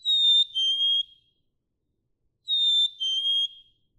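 Black-capped chickadee song: two clean whistled fee-bee phrases, each a high note stepping down to a lower sustained one, spaced about two and a half seconds apart.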